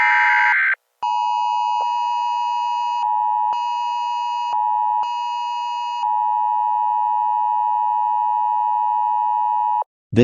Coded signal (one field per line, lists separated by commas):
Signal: Emergency Alert System (SAME) tones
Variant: 853 and 960 Hz attention tone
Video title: EAS scenario zombies